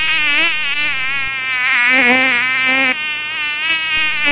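A mosquito buzzes in a steady, high-pitched whine for about four seconds, its pitch wavering slightly up and down with no pauses and no voices.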